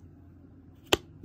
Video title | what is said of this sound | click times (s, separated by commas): Our favorite MM compares with the authentic by Emma Tonyluxuries | you can hear it snap very nicely on the authentic if | 0.9 s